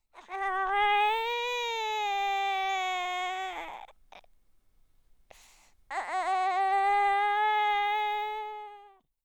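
Two long, sustained wails from an infant, each about three seconds, separated by a quiet pause of about two seconds with a short intake of breath. The cry is high-pitched, loud and steady, with a slight waver at the start of the second wail. A typical baby cry.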